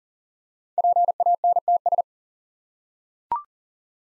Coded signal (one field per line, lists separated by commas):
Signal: Morse code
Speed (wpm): 39 wpm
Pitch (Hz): 700 Hz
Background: none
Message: PANTS